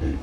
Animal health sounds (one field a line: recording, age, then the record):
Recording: pig call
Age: growing-finishing pig (85 days or more)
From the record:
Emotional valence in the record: negative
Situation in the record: barren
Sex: female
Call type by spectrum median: low-frequency call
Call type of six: low-frequency stable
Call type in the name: low-frequency stable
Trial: 4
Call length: 0.23 s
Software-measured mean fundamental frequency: 39 Hz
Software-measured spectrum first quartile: 74 Hz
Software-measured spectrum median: 173 Hz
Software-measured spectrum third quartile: 358 Hz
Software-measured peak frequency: 72 Hz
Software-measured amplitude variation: 135 dB a second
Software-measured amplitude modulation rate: 24.2 a second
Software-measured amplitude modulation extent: 5.6 dB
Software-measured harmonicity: -0.7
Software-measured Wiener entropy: -0.65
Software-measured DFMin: 827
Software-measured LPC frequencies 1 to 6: 332, 1721, 2617, 3372, 4388, 5751 Hz